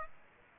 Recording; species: mosquito wingbeat signal from an infrared sensor; Aedes aegypti